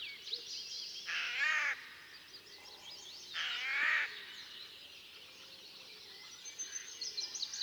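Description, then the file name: Eurasian jay making two drawn-out, grating calls about two seconds apart, with faint high birdsong continuing behind them. "Garrulus glandarius"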